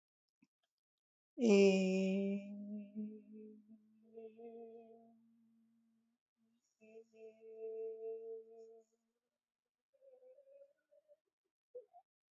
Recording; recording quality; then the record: sustained vowel as in made; excellent, no background noise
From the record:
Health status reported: healthy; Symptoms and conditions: hypertension, diabetes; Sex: female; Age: 62 years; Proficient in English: yes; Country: India